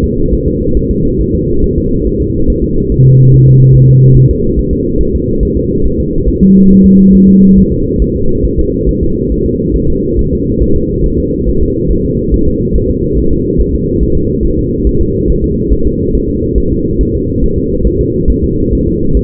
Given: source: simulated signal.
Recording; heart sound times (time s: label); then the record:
fetal heart sounds
0.04 s: S2
0.33 s: S1
0.48 s: S2
0.77 s: S1
0.91 s: S2
1.21 s: S1
1.35 s: S2
1.64 s: S1
1.78 s: S2
2.07 s: S1
2.21 s: S2
2.50 s: S1
2.64 s: S2
2.92 s: S1
3.06 s: S2
3.34 s: S1
3.48 s: S2
3.76 s: S1
3.90 s: S2
4.17 s: S1
4.31 s: S2
4.59 s: S1
4.73 s: S2
5.01 s: S1
5.15 s: S2
5.43 s: S1
5.57 s: S2
5.86 s: S1
6.00 s: S2
6.29 s: S1
6.43 s: S2
6.72 s: S1
6.86 s: S2
7.15 s: S1
7.29 s: S2
7.58 s: S1
7.72 s: S2
8.02 s: S1
8.16 s: S2
8.45 s: S1
8.59 s: S2
8.89 s: S1
9.03 s: S2
9.32 s: S1
9.46 s: S2
9.76 s: S1
9.90 s: S2
10.19 s: S1
10.33 s: S2
10.62 s: S1
10.77 s: S2
11.06 s: S1
11.20 s: S2
11.49 s: S1
11.63 s: S2
11.92 s: S1
12.06 s: S2
12.34 s: S1
12.48 s: S2
12.76 s: S1
12.90 s: S2
13.18 s: S1
13.33 s: S2
13.61 s: S1
13.75 s: S2
14.03 s: S1
14.17 s: S2
14.45 s: S1
14.59 s: S2
14.87 s: S1
15.01 s: S2
15.30 s: S1
15.44 s: S2
15.73 s: S1
15.87 s: S2
16.15 s: S1
16.29 s: S2
16.58 s: S1
16.72 s: S2
17.01 s: S1
17.15 s: S2
17.44 s: S1
17.58 s: S2
17.87 s: S1
18.01 s: S2
18.30 s: S1
18.44 s: S2
18.73 s: S1
18.88 s: S2
19.17 s: S1
From the record:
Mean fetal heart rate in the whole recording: 140 bpm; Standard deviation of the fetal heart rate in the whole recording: 2 bpm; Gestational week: 34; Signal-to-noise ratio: -16.4 dB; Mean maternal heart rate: 72 bpm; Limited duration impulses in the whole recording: present